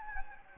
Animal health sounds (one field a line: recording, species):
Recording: mosquito wingbeat signal from an infrared sensor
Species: Anopheles gambiae